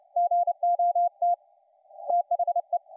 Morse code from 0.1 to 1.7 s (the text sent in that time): GOT